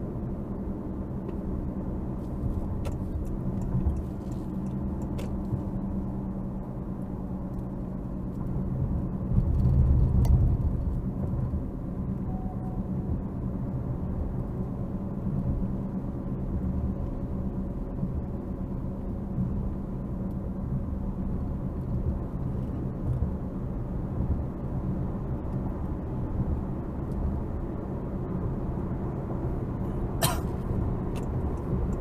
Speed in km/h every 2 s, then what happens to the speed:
72, 74, 72, 66, 64, 64, 64, 61, 63, 61, 64, 69, 74, 81, 85, 89.
4-6 slows to 66. 6-18 steady at about 64. 18-32 speeds up to 89.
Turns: none.